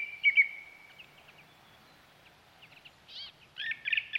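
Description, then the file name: Song Thrush: short whistled notes that fade into faint twitters, then a sharp note and a burst of repeated notes at the end. "Zanglijster"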